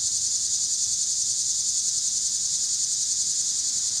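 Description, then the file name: Cicadas droning in a steady, high, hissing chorus that holds an even level throughout. Cicadas recorded with car noise in Pittsburgh, Pennsylvania, on 26 August 2023. "2023-08-26 cicadas and cars Pittsburgh PA"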